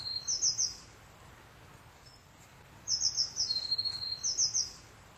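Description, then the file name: Eurasian blue tit calling: a burst of very high, thin notes, then after a pause more high notes running into a lower, even buzzy trill and another high burst, over faint low hum. "Cyanistes caeruleus"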